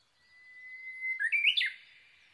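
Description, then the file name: Japanese bush warbler song, one level whistled tone held for about a second, then a rapid rising and falling burst of clear notes. Recorded 22 May 2011 at 05:43. "uguisu-20110522-0543"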